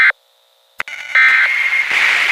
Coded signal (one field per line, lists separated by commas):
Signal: Emergency Alert System (SAME) tones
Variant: end-of-message bursts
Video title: EAS SCENARIO - THE UNFORTUNATE: PART 2